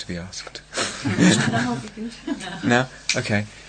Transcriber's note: laughter